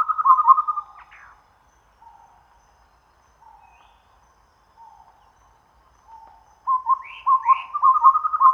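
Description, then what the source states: Chestnut-rumped babbler song: a low whistled run, several soft spaced single notes, then a fast string of hollow whistles with higher upslurs. Recorded at Danum on 1 April 2006.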